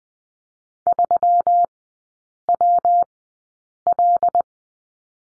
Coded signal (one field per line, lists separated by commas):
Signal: Morse code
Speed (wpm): 20 wpm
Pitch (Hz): 700 Hz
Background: none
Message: 3WL